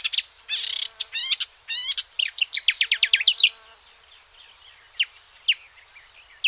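Marsh warbler song opening with buzzy trills and quick repeated ticking notes, then dropping to a few isolated sharp calls.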